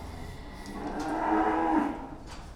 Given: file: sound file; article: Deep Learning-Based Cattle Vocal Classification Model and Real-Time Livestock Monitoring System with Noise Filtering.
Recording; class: cattle; food anticipating call